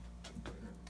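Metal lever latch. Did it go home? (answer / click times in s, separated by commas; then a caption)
yes / 0.5 s. The handle of a comic-book heat press is pushed down over a comic until the mechanism locks in its closed position. Over a steady low hum, a soft tick comes at 0.3 s, then a sharper click at 0.5 s as the handle locks into place, then a faint tick at 0.9 s. The press is now locked down on the comic.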